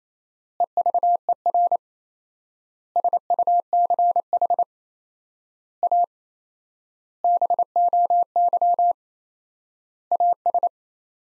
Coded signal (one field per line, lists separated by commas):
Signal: Morse code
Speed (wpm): 27 wpm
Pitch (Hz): 700 Hz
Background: none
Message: EVER SUCH A BOY AS